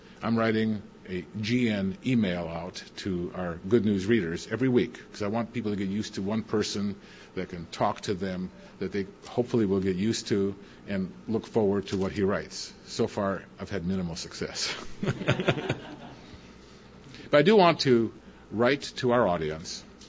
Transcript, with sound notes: I'm writing a GN e-mail out to our Good News readers every week, because I want people to get used to one person that can talk to them – that they, hopefully, will get used to and look forward to what he writes. So far I've had minimal success, (chuckle) but I do want to write to our audience